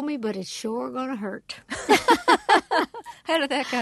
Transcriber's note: soundbite of laughter